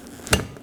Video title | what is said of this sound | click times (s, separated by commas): How to Replace Wiper Blades 2018-2024 Chevrolet Equinox | Make sure you hear that click and set it down. | 0.3 s